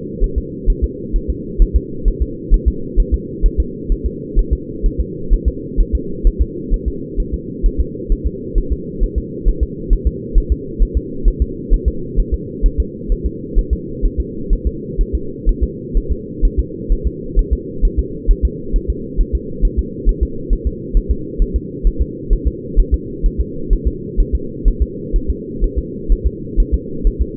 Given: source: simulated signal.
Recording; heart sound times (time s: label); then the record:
fetal heart sounds
0.24 s: S1
0.38 s: S2
0.70 s: S1
0.84 s: S2
1.16 s: S1
1.30 s: S2
1.62 s: S1
1.76 s: S2
2.08 s: S1
2.22 s: S2
2.54 s: S1
2.68 s: S2
3.00 s: S1
3.14 s: S2
3.46 s: S1
3.60 s: S2
3.92 s: S1
4.06 s: S2
4.39 s: S1
4.53 s: S2
4.86 s: S1
5.00 s: S2
5.33 s: S1
5.48 s: S2
5.81 s: S1
5.95 s: S2
6.27 s: S1
6.41 s: S2
6.74 s: S1
6.88 s: S2
7.20 s: S1
7.34 s: S2
7.66 s: S1
7.81 s: S2
8.12 s: S1
8.27 s: S2
8.58 s: S1
8.72 s: S2
9.03 s: S1
9.18 s: S2
9.48 s: S1
9.63 s: S2
9.93 s: S1
10.07 s: S2
10.38 s: S1
10.52 s: S2
10.83 s: S1
10.97 s: S2
11.28 s: S1
11.42 s: S2
11.74 s: S1
11.88 s: S2
12.20 s: S1
12.34 s: S2
12.66 s: S1
12.80 s: S2
13.12 s: S1
13.26 s: S2
13.59 s: S1
13.73 s: S2
14.05 s: S1
14.20 s: S2
14.53 s: S1
14.67 s: S2
15.01 s: S1
15.15 s: S2
15.49 s: S1
15.63 s: S2
15.97 s: S1
16.12 s: S2
16.45 s: S1
16.59 s: S2
16.92 s: S1
17.07 s: S2
17.39 s: S1
17.53 s: S2
17.85 s: S1
17.99 s: S2
18.31 s: S1
18.45 s: S2
18.76 s: S1
18.90 s: S2
19.21 s: S1
19.35 s: S2
19.65 s: S1
19.79 s: S2
20.09 s: S1
20.23 s: S2
20.53 s: S1
20.67 s: S2
20.97 s: S1
21.11 s: S2
21.42 s: S1
21.56 s: S2
21.87 s: S1
22.02 s: S2
22.33 s: S1
22.47 s: S2
22.80 s: S1
22.94 s: S2
23.26 s: S1
23.41 s: S2
23.73 s: S1
23.88 s: S2
24.20 s: S1
24.35 s: S2
24.68 s: S1
24.82 s: S2
25.16 s: S1
25.30 s: S2
25.64 s: S1
25.78 s: S2
26.12 s: S1
26.27 s: S2
26.60 s: S1
26.74 s: S2
27.07 s: S1
27.22 s: S2
From the record:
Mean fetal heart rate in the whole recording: 130 bpm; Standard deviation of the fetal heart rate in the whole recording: 2 bpm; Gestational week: 38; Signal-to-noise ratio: -4.3 dB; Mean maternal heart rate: 72 bpm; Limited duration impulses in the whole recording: absent